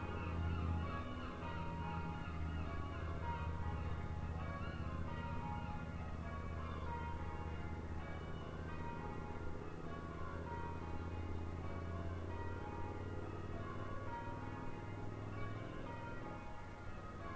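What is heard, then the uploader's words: Church bells ring steadily in a continuous peal, their overlapping tones forming a dense, even wash with a low hum beneath throughout. Tywardreath ringing the bells of St Barts, Lostwithiel, UK. By Celia Robbins. These are the church bells of St Bartholomew in the town of Lostwithiel around 8.30pm on a still evening.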